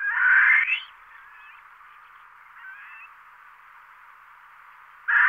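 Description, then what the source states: Barbary partridge giving harsh rasping calls: one loud grating burst at the start and another at the end, with faint scratchy notes between. Recorded in Sardinia.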